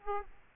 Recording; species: mosquito wingbeat signal from an infrared sensor; Aedes aegypti